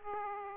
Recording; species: mosquito wingbeat signal from an infrared sensor; Aedes aegypti